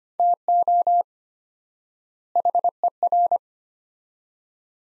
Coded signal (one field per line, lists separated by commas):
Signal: Morse code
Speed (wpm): 25 wpm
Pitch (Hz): 700 Hz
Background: none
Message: TO HER